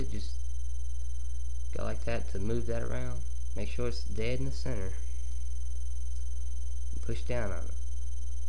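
Someone talks while an atomizer part is moved around inside a vape tank and centered before it is pushed down, over a steady low hum. No click is heard, and nothing has seated yet.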